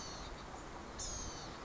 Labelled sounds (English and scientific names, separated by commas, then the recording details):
Blue-gray Gnatcatcher (Polioptila caerulea)
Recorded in Sonoma County, California